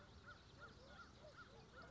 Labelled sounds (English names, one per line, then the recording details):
American Crow
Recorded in Sonoma County, California